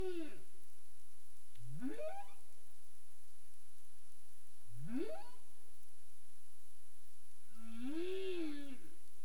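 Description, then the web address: Humpback whale sounds: a falling tail of one unit, then two sharp rising whoops and a final arched moan with many harmonics, spaced about three seconds apart, steady hiss beneath. Caribbean; recorded 27 April 2035 at 22:47 UTC. "humpback whale 20350427 224731 UTC"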